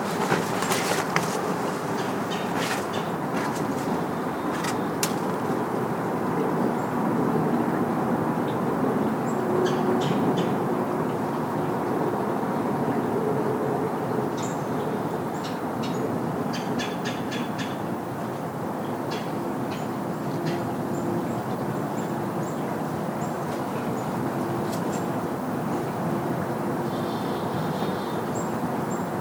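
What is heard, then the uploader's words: A walk on a park trail near a creek, with a steady, dense rushing sound, low to middle in pitch, that holds even throughout. Crisp clicks and crunches come and go on top, clustered in the opening seconds and again midway. Trek over the creek and through the woods (and field) on a simple trail in Wahlfield Park.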